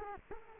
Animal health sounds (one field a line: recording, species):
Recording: mosquito wingbeat signal from an infrared sensor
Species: Culex quinquefasciatus